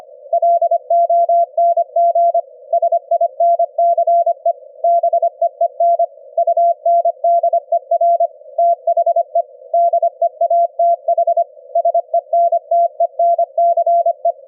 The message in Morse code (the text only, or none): LONG SINCE BEEN UNDER THE DEATH SENTENCE